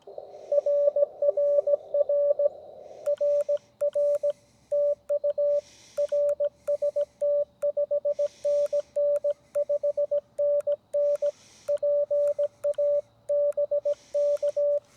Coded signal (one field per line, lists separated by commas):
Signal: Morse code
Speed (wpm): 17 wpm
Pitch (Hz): 580 Hz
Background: radio noise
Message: RRR RR TU RST 5NN 5NN PA BK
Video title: How To Operate Portable Ham Radio Using Minimal Equipment